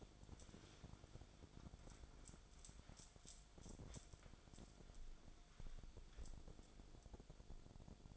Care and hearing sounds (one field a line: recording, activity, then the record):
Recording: daily activity, microphone in the room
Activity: wipe stove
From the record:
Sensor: 5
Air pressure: 1000.6 hPa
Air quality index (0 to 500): 160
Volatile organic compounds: 2 ppm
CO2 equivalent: 1225 ppm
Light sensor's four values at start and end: 48/102/47/53 and 48/103/47/53